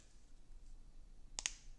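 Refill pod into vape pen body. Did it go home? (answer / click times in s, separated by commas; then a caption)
yes / 1.4 s, 1.5 s. A plastic refill pod is pushed into a vape pen body and clicks into place, with two sharp clicks at 1.4 s and 1.5 s over a faint background hiss. Stock pods don't click, so notches were tapped into this pod so that it catches and seats.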